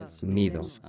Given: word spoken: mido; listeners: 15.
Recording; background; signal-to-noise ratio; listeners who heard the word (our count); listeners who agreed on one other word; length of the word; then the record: one Spanish word in noise, from a listening test; four-talker babble; 12.6 dB; 3 of 15; 12 of 15; 0.49 s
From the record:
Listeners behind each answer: 12, 3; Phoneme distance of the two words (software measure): 10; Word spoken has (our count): 2 syllables, 4 phonemes, stress on syllable 1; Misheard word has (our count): 2 syllables, 4 phonemes, stress on syllable 1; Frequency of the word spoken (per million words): 0.27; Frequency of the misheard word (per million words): 7.21